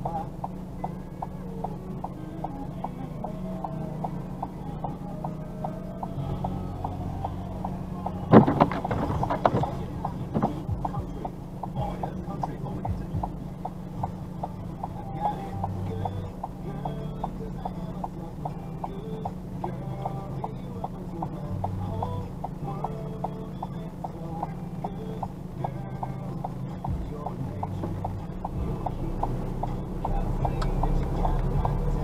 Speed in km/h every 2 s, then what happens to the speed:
0, 0, 0, 0, 0, 0, 0, 0, 0, 0, 0, 0, 0, 0, 0, 9.
0-29 standing. 29-32 pulls away to 9.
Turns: none.